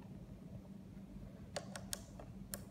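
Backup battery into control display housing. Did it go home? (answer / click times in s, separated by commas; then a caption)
no / none. The backup battery of an MTU Blue Line engine automation control display is handled at its holder as it is pushed back toward its slot, giving a few sharp, light ticks and taps near 1.6, 1.8, 1.9, 2.2 and 2.5 seconds over a steady low hum. The battery has not yet clicked into place, and nothing has seated yet.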